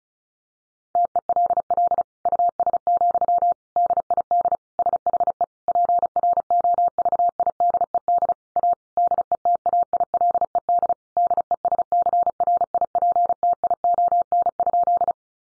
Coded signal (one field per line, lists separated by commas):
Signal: Morse code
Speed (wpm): 34 wpm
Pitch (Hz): 700 Hz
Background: none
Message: TELL US, DID SHE PROVIDED A DETAILED DESCRIPTION?